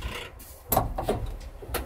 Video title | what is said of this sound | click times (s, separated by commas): Plowing Deep Snow In a Blizzard With a Bombardier Tank | You click it in like that and it locks in place. | 0.7 s